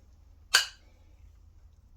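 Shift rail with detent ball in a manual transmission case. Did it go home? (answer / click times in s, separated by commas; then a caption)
yes / 0.6 s. A shift rail is pushed into the case of a Super T10 4-speed manual transmission while its detent ball is held in with a finger. A single sharp, loud click rings out at 0.6 s, bright and quickly fading over a low steady hum. The rail's detent snaps into place and the rail is seated.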